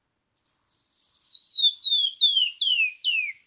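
Canyon wren song: about nine loud, clear whistled notes, each sliding downward, the whole series stepping lower in pitch at a steady, slightly slowing pace.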